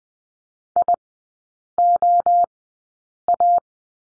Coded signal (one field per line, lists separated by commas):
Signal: Morse code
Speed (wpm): 20 wpm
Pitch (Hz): 700 Hz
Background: none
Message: IOA